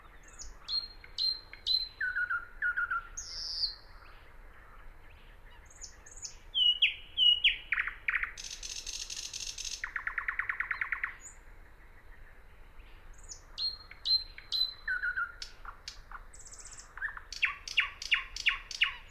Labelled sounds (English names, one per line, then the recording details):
Thrush Nightingale song
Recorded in the wild
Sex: male
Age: adult
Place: Teerofenbrücke, Nationalpark Unteres Odertal, Brandenburg, DE
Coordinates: 53.1333, 14.3525
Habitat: decidous forest
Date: 2013-05-05
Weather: clear, windless, 5°C
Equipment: Sound Devices 702, Sennheiser MKH 70, Rycote Windschutz
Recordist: Frommolt, Karl-Heinz